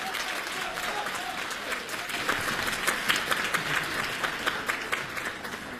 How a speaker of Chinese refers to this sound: 我们掌声有请。 有请二位。